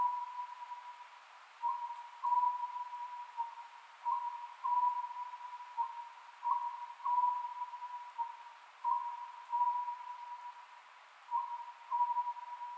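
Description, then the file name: Oriental scops owl repeating a brief multi-note hoot at an even pace, around every two and a half seconds, with hiss behind. Recorded 27 May 2010 at 22:21. "konohazuku-20100527-2221"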